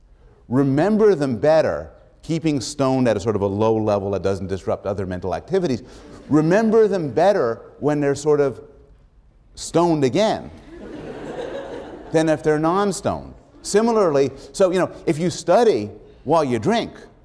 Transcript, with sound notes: remember them better — keeping stoned at a sort of a low-level that doesn't disrupt other mental activities — remember them better when they're sort of stoned again [laughter] than if they're non-stoned. Similarly — So, if you study while you drink